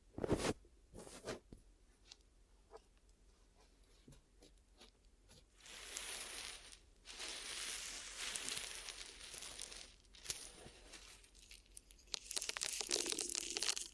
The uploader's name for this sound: Glue Ear Massage and Cleaning